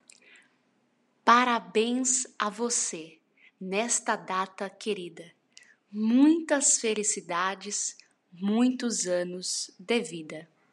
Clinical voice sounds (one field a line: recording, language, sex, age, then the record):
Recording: short text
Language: Brazilian Portuguese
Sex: female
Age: 18 to 19 years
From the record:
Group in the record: control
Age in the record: 19 years